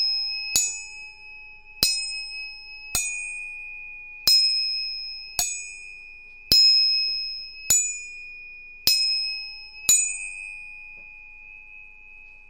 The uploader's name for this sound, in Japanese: 音叉チューニング3本